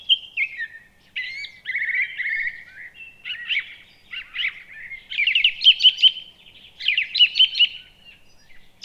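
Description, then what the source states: Song thrush singing an almost continuous run of varied phrases, some whistled and some buzzy, with rapid repeated note series toward the end. Recorded 29 April 2017.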